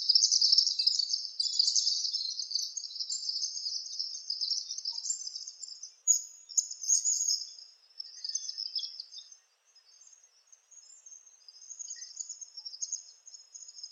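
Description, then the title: Palm tanager producing bursts of fast, high squeaky twitters, loud at first, then thinning into sparser chirps with a quiet gap around nine to ten seconds. "Sanhaçu-do-coqueiro (Tangara palmarum)"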